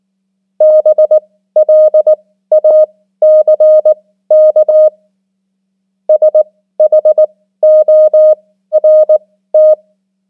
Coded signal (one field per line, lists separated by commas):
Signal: Morse code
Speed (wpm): 19 wpm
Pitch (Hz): 620 Hz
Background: none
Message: BLACK SHORT